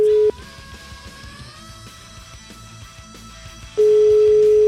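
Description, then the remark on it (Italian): A loud, steady mid-pitched ringing tone on a phone line sounds briefly, falls silent for a few seconds over faint background noise, then starts again. No one speaks. “Facciamo squillare sto telefono.”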